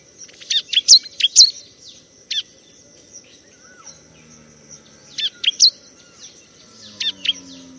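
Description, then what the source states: Bar-winged prinia song: clusters of sharp high chirps early, then sparse paired notes after a pause, with steady high-pitched background hiss throughout. Tutor recording for training cage birds.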